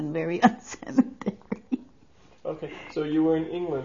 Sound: she laughs

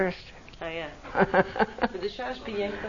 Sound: laughs

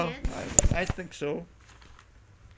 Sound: there is a disturbance with the microphone

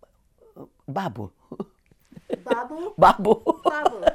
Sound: she laughs

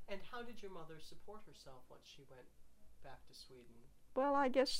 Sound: none

